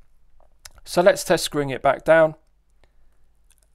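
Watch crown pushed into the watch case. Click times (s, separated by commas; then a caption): 0.7 s. The steel crown of an automatic watch is pushed back into the watch case from the time-setting position. It gives a sharp positive click at 0.7 s, then someone talks. The crown is seated back in the run position, which restarts the movement.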